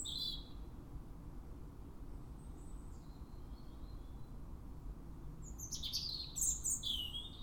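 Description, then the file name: European robin with a brief high note at the start, then a tumbling run of thin, squeaky sweeps toward the end, low rumble behind. "Erithacus rubecula"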